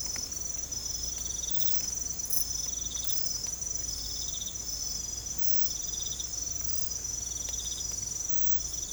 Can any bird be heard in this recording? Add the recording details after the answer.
no. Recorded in secondary vegetation near Puerto Asís, Putumayo, Colombia, on 18 December 2024 at 02:00. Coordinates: 0.468, -76.324. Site G095